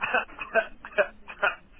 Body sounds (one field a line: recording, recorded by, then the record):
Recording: voluntary cough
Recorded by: telephone call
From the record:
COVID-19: positive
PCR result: checked with the laboratory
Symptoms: no